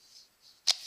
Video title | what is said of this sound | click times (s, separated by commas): 2014 Milwaukee M12 Jacket Overview | power pack our power adapter here it snaps in place just like that | 0.7 s